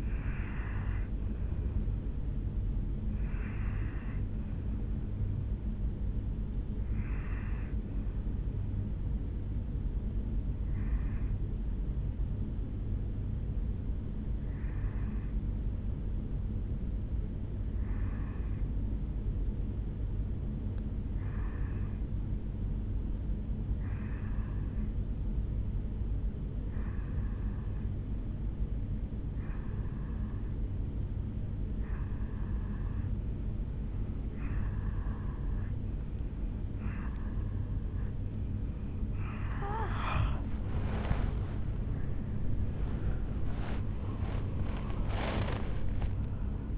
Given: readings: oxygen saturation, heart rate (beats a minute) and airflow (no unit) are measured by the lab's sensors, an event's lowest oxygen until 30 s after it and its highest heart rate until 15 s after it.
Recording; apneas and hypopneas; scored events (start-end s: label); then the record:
breathing in sleep by a smartphone at the bedside; 1
12.00-39.00 s: obstructive apnea (N2, oxygen 95% highest, then 87% lowest, heart rate 58 at the start, 80 highest)
33.00-46.78 s: new sleep stage, N1 (lightest sleep)
From the record:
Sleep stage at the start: N2 (light sleep); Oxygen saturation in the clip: 87 to 95%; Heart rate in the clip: 57 to 80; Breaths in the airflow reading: 4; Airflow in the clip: -9.9 to 13.1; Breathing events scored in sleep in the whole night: 449 in 7.0 hours asleep